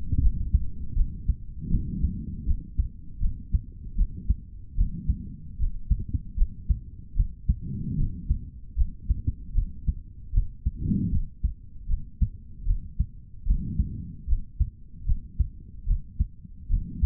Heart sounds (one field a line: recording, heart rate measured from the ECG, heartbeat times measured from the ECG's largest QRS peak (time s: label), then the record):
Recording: heart sounds by stethoscope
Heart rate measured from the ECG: 76 bpm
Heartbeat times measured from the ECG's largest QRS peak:
0.20 s: heartbeat
0.95 s: heartbeat
1.69 s: heartbeat
2.45 s: heartbeat
3.19 s: heartbeat
3.95 s: heartbeat
4.75 s: heartbeat
5.57 s: heartbeat
6.36 s: heartbeat
7.14 s: heartbeat
7.96 s: heartbeat
8.75 s: heartbeat
9.53 s: heartbeat
10.32 s: heartbeat
11.10 s: heartbeat
11.87 s: heartbeat
12.65 s: heartbeat
13.45 s: heartbeat
14.26 s: heartbeat
15.05 s: heartbeat
15.85 s: heartbeat
16.68 s: heartbeat
From the record:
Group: healthy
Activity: rest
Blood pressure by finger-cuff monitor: 130/70 mmHg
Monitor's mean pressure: 89 mmHg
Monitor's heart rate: 78 bpm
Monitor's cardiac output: 4.6 L/min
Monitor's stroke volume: 60 mL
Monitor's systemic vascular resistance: 1430 dyn s/cm5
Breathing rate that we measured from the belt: 20 breaths a minute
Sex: male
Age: 55 years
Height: 167 cm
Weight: 57.2 kg